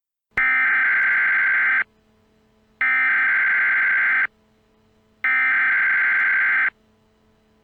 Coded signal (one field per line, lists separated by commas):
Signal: Emergency Alert System (SAME) tones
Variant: header bursts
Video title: Eas Scenario: The Void (interactive)